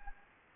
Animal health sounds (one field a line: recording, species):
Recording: mosquito wingbeat signal from an infrared sensor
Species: Anopheles gambiae